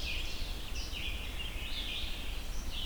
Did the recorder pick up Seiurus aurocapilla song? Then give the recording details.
no. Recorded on 22 June 2016 at 05:25. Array SBT-6-76